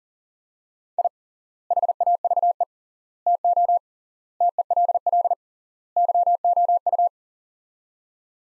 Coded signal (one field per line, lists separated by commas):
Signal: Morse code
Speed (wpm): 40 wpm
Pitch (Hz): 700 Hz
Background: none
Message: I HAVE TO TELL YOU